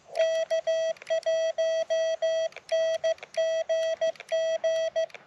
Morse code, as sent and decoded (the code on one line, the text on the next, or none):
-.- .---- -. --. --.
K1NGG